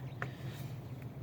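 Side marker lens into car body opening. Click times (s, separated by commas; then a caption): 0.2 s. A side marker lens on a Dodge Challenger is put back into the car body opening and turned counterclockwise until it locks. It clicks into place with one sharp snap at 0.2 s over a steady low hum, and the lens is seated.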